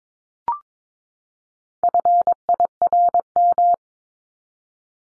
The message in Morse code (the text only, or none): FIRM